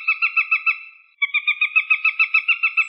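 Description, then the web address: Northern goshawk giving a rapid, nasal, harmonic kek-kek-kek chatter in two runs split by a brief pause. "Accipiter gentilis"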